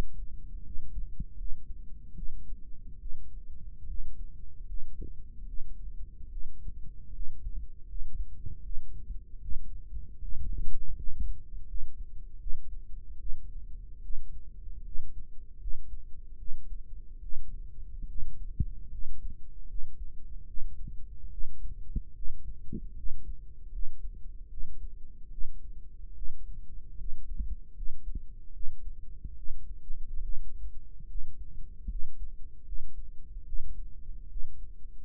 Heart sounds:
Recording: heart sounds by microphone in the right ear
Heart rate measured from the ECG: 75 bpm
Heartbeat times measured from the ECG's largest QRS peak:
0.62 s: heartbeat
1.35 s: heartbeat
2.13 s: heartbeat
2.98 s: heartbeat
3.85 s: heartbeat
4.65 s: heartbeat
5.45 s: heartbeat
6.28 s: heartbeat
7.11 s: heartbeat
7.86 s: heartbeat
8.61 s: heartbeat
9.40 s: heartbeat
10.20 s: heartbeat
10.95 s: heartbeat
11.65 s: heartbeat
12.38 s: heartbeat
13.17 s: heartbeat
14.01 s: heartbeat
14.83 s: heartbeat
15.58 s: heartbeat
16.36 s: heartbeat
17.20 s: heartbeat
18.06 s: heartbeat
18.89 s: heartbeat
19.66 s: heartbeat
20.45 s: heartbeat
21.29 s: heartbeat
22.13 s: heartbeat
22.94 s: heartbeat
23.70 s: heartbeat
24.48 s: heartbeat
25.29 s: heartbeat
26.13 s: heartbeat
26.96 s: heartbeat
27.73 s: heartbeat
28.51 s: heartbeat
29.35 s: heartbeat
30.20 s: heartbeat
31.06 s: heartbeat
31.87 s: heartbeat
32.63 s: heartbeat
33.44 s: heartbeat
34.28 s: heartbeat
From the record:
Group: healthy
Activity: rest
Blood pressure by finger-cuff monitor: 107/55 mmHg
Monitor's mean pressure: 72 mmHg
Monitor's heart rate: 75 bpm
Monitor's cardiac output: 7.3 L/min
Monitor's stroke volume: 96 mL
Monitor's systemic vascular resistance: 720 dyn s/cm5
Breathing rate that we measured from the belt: 15 breaths a minute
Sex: female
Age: 22 years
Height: 160 cm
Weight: 63 kg

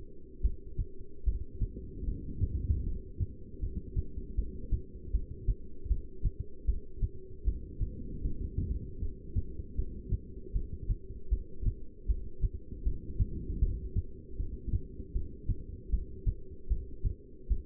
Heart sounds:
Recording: heart sounds by stethoscope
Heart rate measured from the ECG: 77 bpm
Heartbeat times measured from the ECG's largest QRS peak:
0.42 s: heartbeat
1.25 s: heartbeat
2.06 s: heartbeat
2.85 s: heartbeat
3.61 s: heartbeat
4.36 s: heartbeat
5.12 s: heartbeat
5.89 s: heartbeat
6.66 s: heartbeat
7.45 s: heartbeat
8.23 s: heartbeat
9.00 s: heartbeat
9.77 s: heartbeat
10.54 s: heartbeat
11.30 s: heartbeat
12.07 s: heartbeat
12.84 s: heartbeat
13.61 s: heartbeat
14.38 s: heartbeat
15.13 s: heartbeat
15.91 s: heartbeat
16.69 s: heartbeat
17.49 s: heartbeat
From the record:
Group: heart failure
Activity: rest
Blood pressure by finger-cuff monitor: 169/103 mmHg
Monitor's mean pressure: 125 mmHg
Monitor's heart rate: 76 bpm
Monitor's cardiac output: 8 L/min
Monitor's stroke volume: 104 mL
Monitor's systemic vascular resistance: 1170 dyn s/cm5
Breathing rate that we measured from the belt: 11 breaths a minute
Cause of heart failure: non-ischemic cardiomyopathy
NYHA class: 1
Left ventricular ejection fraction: 62%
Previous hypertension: present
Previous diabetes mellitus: present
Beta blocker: bisoprolol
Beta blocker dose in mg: 10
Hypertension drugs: sacubitril-valsartan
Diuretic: furosemide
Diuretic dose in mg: 20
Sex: male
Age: 49 years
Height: 167 cm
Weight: 110 kg

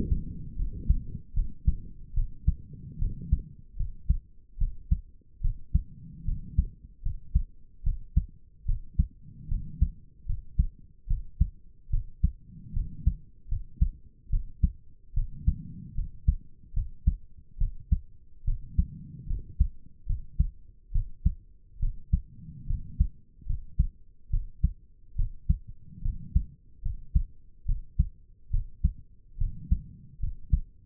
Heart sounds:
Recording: heart sounds by stethoscope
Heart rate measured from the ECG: 73 bpm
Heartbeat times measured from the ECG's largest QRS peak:
0.56 s: heartbeat
1.33 s: heartbeat
2.14 s: heartbeat
2.98 s: heartbeat
3.76 s: heartbeat
4.58 s: heartbeat
5.41 s: heartbeat
6.25 s: heartbeat
7.02 s: heartbeat
7.83 s: heartbeat
8.65 s: heartbeat
9.48 s: heartbeat
10.26 s: heartbeat
11.07 s: heartbeat
11.90 s: heartbeat
12.73 s: heartbeat
13.48 s: heartbeat
14.29 s: heartbeat
15.13 s: heartbeat
15.94 s: heartbeat
16.73 s: heartbeat
17.57 s: heartbeat
18.44 s: heartbeat
19.27 s: heartbeat
20.06 s: heartbeat
20.92 s: heartbeat
21.79 s: heartbeat
22.66 s: heartbeat
23.46 s: heartbeat
24.30 s: heartbeat
25.15 s: heartbeat
26.02 s: heartbeat
26.82 s: heartbeat
27.65 s: heartbeat
28.50 s: heartbeat
29.37 s: heartbeat
30.19 s: heartbeat
From the record:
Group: healthy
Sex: female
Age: 22 years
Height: 154 cm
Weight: 58.7 kg

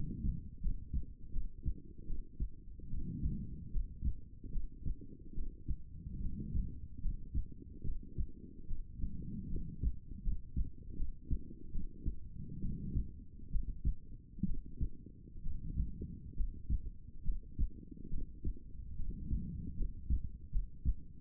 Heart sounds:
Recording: heart sounds by stethoscope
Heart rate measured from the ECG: 72 bpm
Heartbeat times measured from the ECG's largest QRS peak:
0.60 s: heartbeat
1.31 s: heartbeat
2.05 s: heartbeat
2.89 s: heartbeat
3.70 s: heartbeat
4.50 s: heartbeat
5.33 s: heartbeat
6.19 s: heartbeat
7.00 s: heartbeat
7.82 s: heartbeat
8.66 s: heartbeat
9.48 s: heartbeat
10.22 s: heartbeat
10.95 s: heartbeat
11.71 s: heartbeat
12.60 s: heartbeat
13.49 s: heartbeat
14.44 s: heartbeat
15.41 s: heartbeat
16.34 s: heartbeat
17.22 s: heartbeat
18.08 s: heartbeat
18.95 s: heartbeat
19.75 s: heartbeat
20.50 s: heartbeat
From the record:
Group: healthy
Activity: rest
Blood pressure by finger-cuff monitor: 122/68 mmHg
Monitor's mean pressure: 87 mmHg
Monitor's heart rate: 73 bpm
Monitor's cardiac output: 7.2 L/min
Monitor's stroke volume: 98 mL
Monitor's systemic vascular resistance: 880 dyn s/cm5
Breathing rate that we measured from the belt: 18 breaths a minute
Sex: female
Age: 23 years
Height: 160 cm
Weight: 50.4 kg

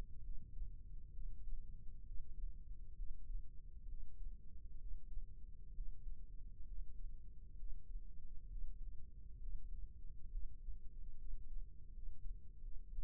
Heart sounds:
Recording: heart sounds by microphone in the right ear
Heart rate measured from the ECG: 68 bpm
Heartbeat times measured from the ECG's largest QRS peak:
0.21 s: heartbeat
1.12 s: heartbeat
2.03 s: heartbeat
2.94 s: heartbeat
3.86 s: heartbeat
4.76 s: heartbeat
5.72 s: heartbeat
6.64 s: heartbeat
7.56 s: heartbeat
8.47 s: heartbeat
9.38 s: heartbeat
10.28 s: heartbeat
11.16 s: heartbeat
11.91 s: heartbeat
12.59 s: heartbeat
From the record:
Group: healthy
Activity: Valsalva maneuver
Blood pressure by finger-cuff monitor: 141/64 mmHg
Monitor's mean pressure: 84 mmHg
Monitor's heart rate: 66 bpm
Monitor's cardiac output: 6.2 L/min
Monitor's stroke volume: 95 mL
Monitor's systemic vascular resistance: 980 dyn s/cm5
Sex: female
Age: 37 years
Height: 168 cm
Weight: 70 kg

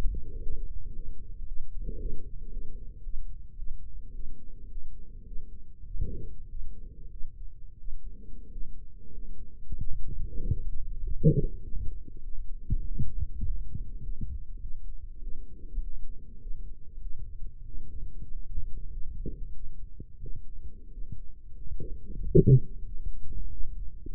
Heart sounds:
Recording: heart sounds by microphone in the right ear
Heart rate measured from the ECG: 99 bpm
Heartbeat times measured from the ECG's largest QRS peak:
0.40 s: heartbeat
0.93 s: heartbeat
1.46 s: heartbeat
1.99 s: heartbeat
2.51 s: heartbeat
3.03 s: heartbeat
3.56 s: heartbeat
4.13 s: heartbeat
4.70 s: heartbeat
5.25 s: heartbeat
5.84 s: heartbeat
6.49 s: heartbeat
7.10 s: heartbeat
7.78 s: heartbeat
8.50 s: heartbeat
9.11 s: heartbeat
9.76 s: heartbeat
10.42 s: heartbeat
11.01 s: heartbeat
11.61 s: heartbeat
12.22 s: heartbeat
12.84 s: heartbeat
13.44 s: heartbeat
14.01 s: heartbeat
14.59 s: heartbeat
15.20 s: heartbeat
15.81 s: heartbeat
16.39 s: heartbeat
16.99 s: heartbeat
17.64 s: heartbeat
18.29 s: heartbeat
18.89 s: heartbeat
19.52 s: heartbeat
20.19 s: heartbeat
20.90 s: heartbeat
21.54 s: heartbeat
22.18 s: heartbeat
22.83 s: heartbeat
23.49 s: heartbeat
24.12 s: heartbeat
From the record:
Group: healthy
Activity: rest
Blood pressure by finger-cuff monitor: 104/62 mmHg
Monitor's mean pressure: 72 mmHg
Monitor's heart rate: 97 bpm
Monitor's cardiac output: 6.7 L/min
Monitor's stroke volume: 68 mL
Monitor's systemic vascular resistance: 790 dyn s/cm5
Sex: male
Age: 22 years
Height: 181 cm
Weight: 60 kg

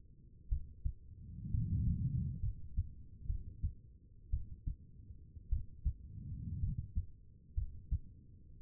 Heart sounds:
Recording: heart sounds by stethoscope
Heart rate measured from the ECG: 59 bpm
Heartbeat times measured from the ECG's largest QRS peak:
0.49 s: heartbeat
1.51 s: heartbeat
2.40 s: heartbeat
3.26 s: heartbeat
4.30 s: heartbeat
5.49 s: heartbeat
6.60 s: heartbeat
7.54 s: heartbeat
8.60 s: heartbeat
From the record:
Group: healthy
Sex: female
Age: 36 years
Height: 163 cm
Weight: 88 kg

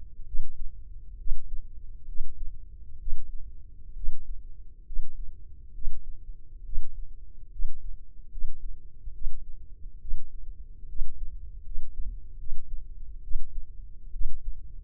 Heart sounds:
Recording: heart sounds by microphone in the left ear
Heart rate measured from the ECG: 69 bpm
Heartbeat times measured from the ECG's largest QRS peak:
0.25 s: heartbeat
1.17 s: heartbeat
2.06 s: heartbeat
2.98 s: heartbeat
3.94 s: heartbeat
4.84 s: heartbeat
5.72 s: heartbeat
6.63 s: heartbeat
7.50 s: heartbeat
8.29 s: heartbeat
9.12 s: heartbeat
9.99 s: heartbeat
10.87 s: heartbeat
11.63 s: heartbeat
12.37 s: heartbeat
13.21 s: heartbeat
14.11 s: heartbeat
From the record:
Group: healthy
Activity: rest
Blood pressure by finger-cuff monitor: 146/89 mmHg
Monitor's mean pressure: 106 mmHg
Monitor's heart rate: 68 bpm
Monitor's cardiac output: 5.7 L/min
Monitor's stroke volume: 81 mL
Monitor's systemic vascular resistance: 1370 dyn s/cm5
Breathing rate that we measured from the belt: 18 breaths a minute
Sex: male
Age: 21 years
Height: 180 cm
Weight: 67.5 kg

